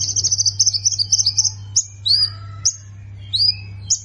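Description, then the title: Plain prinia singing a buzzy, rattling high trill, followed by spaced, sweeping slurred whistles rising then falling, set against a continuous low hum. "Ciblek Sawah"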